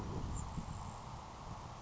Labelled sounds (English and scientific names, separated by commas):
Grasshopper Sparrow (Ammodramus savannarum)